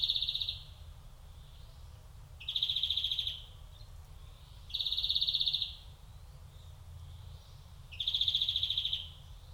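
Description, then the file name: European greenfinch calls, four buzzy rattled trills of about a second each, over faint low hum. "Chloris chloris"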